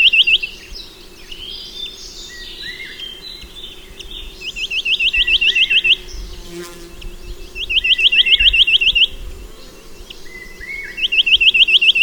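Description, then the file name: Chinese nuthatch repeating fast strings of sharp, high notes in several bouts, with softer, lower calls in the gaps. "Mathias Ritschard - Kosmatyj popolzen Sitta villosa"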